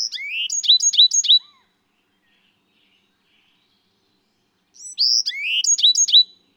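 Bird song of quick whistled slurred notes ending in a rapid repeated series, one phrase at the start and another after a few seconds of silence.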